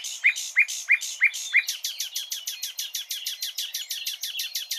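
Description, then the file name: Common nightingale song: several sharp rising notes, then a long even series of rapid repeated notes, dry and rattling. "Luscinia megarhynchos"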